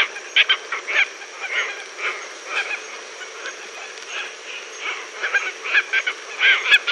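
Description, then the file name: Red-tailed tropicbird giving scratchy squawks in irregular bursts, some doubled, over a steady hiss and a quieter background chorus. "phaethon rubricauda"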